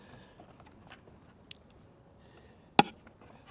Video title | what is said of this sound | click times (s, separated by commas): How to Replace a 2015 Subaru Forester Driver's Side Mirror | And then this just pops into place. | 2.8 s